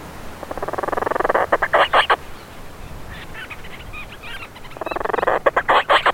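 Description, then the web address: Madeiran storm petrel calls: two long churring runs of quick pulses that break into separate notes, with quieter chatter between them. "aves-marinhas painho-madeira geral Vocalizacoes"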